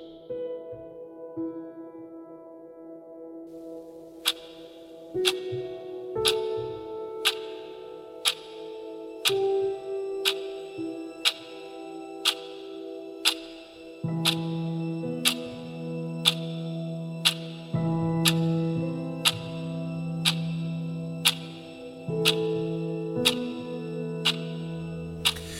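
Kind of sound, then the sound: household object, clock ticking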